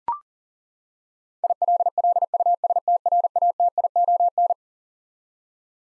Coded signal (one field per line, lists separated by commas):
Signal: Morse code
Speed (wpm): 40 wpm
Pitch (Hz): 700 Hz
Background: none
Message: ILLUSTRATION